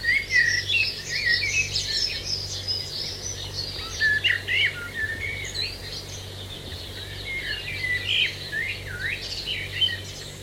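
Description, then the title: Eurasian blackbird giving melodic warbling phrases, some rising, over a continuous chorus of many twittering birds. Adult male; dawn chorus with many other birds singing; garden surroundings; New Zealand. "Dawn chorus with blackbirds in the foreground"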